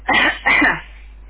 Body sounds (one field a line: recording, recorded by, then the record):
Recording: voluntary cough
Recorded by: telephone call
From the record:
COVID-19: positive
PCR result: checked with the laboratory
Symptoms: no